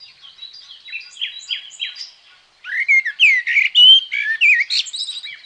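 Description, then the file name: Common blackbird song: soft, quiet notes, a brief silence, then a louder warbled phrase of fluty slurred whistles mixed with high squeaky twitters. "Merel"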